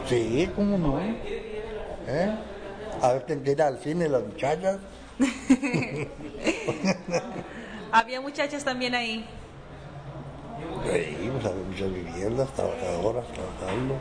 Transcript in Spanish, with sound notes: Sí, cómo no. A ver quién viene al cine, las muchachas. (risas)
Había muchachas también ahí.
Sí, pos había muchas viviendas, trabajadoras trabajando,